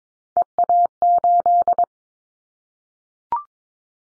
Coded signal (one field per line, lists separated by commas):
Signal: Morse code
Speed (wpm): 22 wpm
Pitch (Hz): 700 Hz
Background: none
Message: EA8